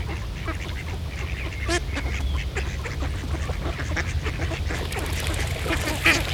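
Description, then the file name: Ducks calling with a run of quick, rasping quacks, one loud burst near the end, backed by a steady low hum. Ducks in a pond. "Eenden in een vijver - Sound Cloud - Beeld en Geluid"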